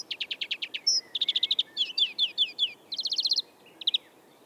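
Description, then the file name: European greenfinch song, a continuous run of rapid repeated chirps and trills changing pitch between phrases, ending with a brief double note. "Chloris chloris"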